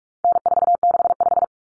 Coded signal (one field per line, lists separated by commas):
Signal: Morse code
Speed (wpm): 44 wpm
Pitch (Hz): 700 Hz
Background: none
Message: N465